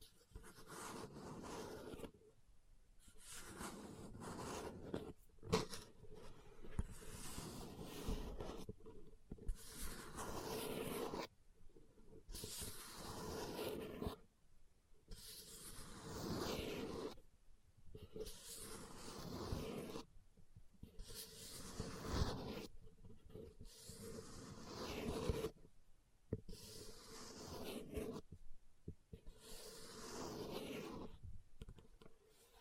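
Tapping and scratching on leather come in bursts of a few seconds each, separated by short silent gaps about a dozen times across the clip. The scratches are rough and hissy, reaching up bright, with soft muffled taps and low thumps mixed in.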